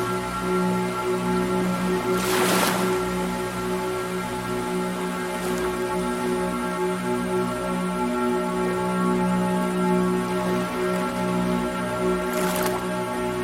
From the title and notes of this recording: Oceanic Ambience: Soothing Ambient Music Accompanied by the Sound of Ocean Waves.